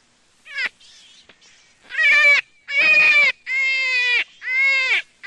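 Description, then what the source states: Jackrabbit giving drawn-out, nasal squeals, a short yelp first, then longer steady cries separated by brief pauses. Juvenile.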